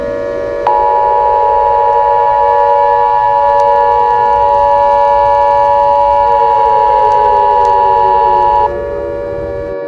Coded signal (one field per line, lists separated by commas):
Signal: Emergency Alert System (SAME) tones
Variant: 853 and 960 Hz attention tone